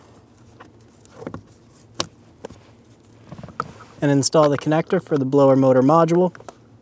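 A plastic wiring harness connector is handled and pushed toward the blower motor module of a 2003–2008 Honda Pilot, with faint handling noises and a few sharp ticks around 1.3, 2.0, 2.5 and 3.6 seconds. Someone talks near the end of the clip. The connector has not seated or clicked yet.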